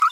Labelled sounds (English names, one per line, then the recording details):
Green-rumped Parrotlet babbling
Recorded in a nest box in Venezuela
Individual 18B25A5